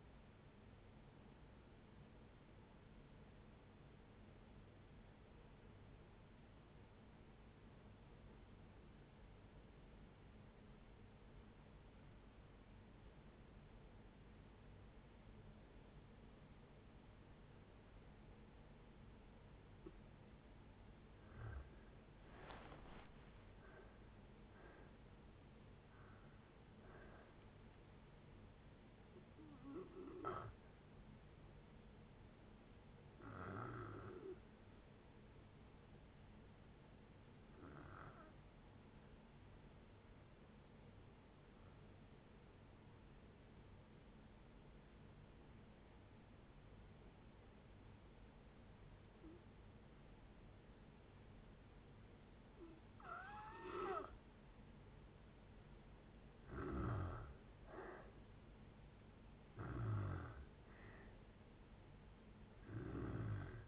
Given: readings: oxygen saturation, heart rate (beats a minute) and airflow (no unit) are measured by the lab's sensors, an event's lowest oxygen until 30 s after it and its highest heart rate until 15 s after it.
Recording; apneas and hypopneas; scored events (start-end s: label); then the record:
breathing in sleep by a voice recorder at the bedside; 2
4.00-22.00 s: obstructive apnea (N1, oxygen 96% highest, then 84% lowest, heart rate 56 at the start, 74 highest)
27.00-63.68 s: new sleep stage, N2 (light sleep)
32.00-55.10 s: hypopnea (N2, oxygen 96% highest, then 86% lowest, heart rate 65 at the start, 73 highest)
From the record:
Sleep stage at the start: N1 (lightest sleep); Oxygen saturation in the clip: 79 to 96%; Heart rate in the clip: 56 to 74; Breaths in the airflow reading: 13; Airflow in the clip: -7.3 to 8.6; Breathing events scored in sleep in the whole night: 496 in 5.4 hours asleep